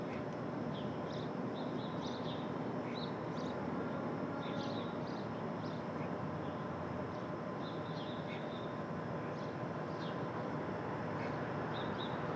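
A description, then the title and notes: Street traffic at dawn forms a steady, dense low rumble that holds level for the whole stretch, with no single vehicle standing out. Over it, birds chirp in short, bright bursts every second or two from start to finish. Brooklyn Dawn, 4 - 17 - 20, Street Traffic II.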